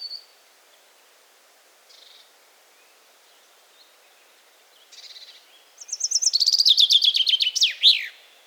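Common chaffinch song: after a few faint, scattered notes, a bright trill of repeated notes that descends, ending in a sharp flourish.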